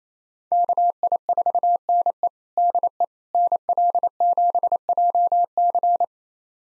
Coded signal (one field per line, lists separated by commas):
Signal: Morse code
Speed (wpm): 28 wpm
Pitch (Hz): 700 Hz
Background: none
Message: KI4NE DE NL7JC